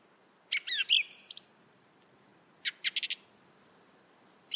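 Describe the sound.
Song thrush song: a squeaky, tangled phrase, then a quick burst of sharp repeated clicking notes, with a new phrase starting at the end over faint background hiss.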